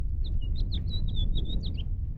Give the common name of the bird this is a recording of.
House Finch